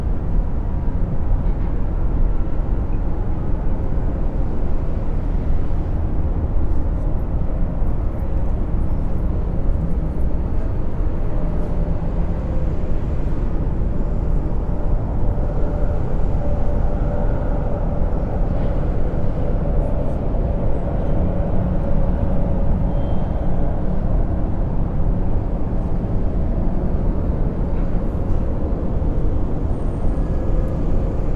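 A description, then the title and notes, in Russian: Sounds from skyscrapers: a steady, dense low rumble of city traffic that never lets up, with faint hums drifting through the middle. Мы приглашаем вас присоединиться к нам на высоте 20 этажей над шумом городской черты. Звуки с небоскребов с дельта-бинауральными ритмами.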